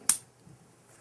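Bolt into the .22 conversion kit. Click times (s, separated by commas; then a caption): 0.1 s. The bolt of an AR-15 .22 LR left-hand conversion kit is released and slams forward into the assembled kit with a single sharp metallic snap at 0.1 s, followed by near silence and a faint tick at 1.0 s. The bolt is home and the kit is confirmed back together correctly.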